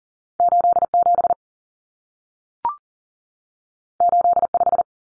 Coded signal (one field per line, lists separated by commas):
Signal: Morse code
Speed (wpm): 40 wpm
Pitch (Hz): 700 Hz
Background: none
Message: 87 85